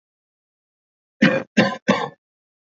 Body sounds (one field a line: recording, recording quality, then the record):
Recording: shallow voluntary cough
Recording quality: excellent, no background noise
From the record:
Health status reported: healthy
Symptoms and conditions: none ticked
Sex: male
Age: 22 years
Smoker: not ticked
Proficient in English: yes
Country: India